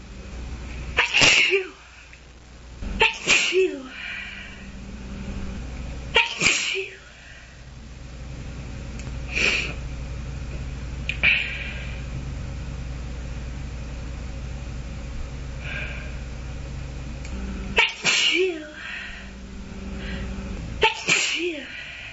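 About seven sharp, explosive bursts come at irregular intervals over twenty seconds, several ending in a brief voiced cry, with quiet room hiss between them. These are a series of ordinary sneezes from a woman.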